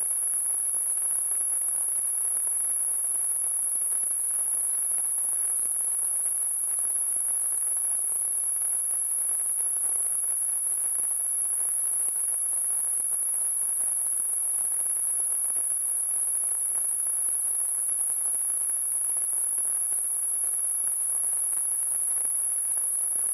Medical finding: Tinnitus.